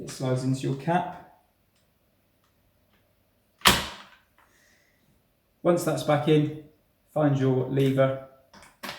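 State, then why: Seated. During reassembly of a semi-auto or pump-action shotgun, a lever is pushed back into position in the action/receiver after a part is refitted into its cap, while someone talks. A single sharp click at 8.8 s marks the lever seating back in so it will stay there.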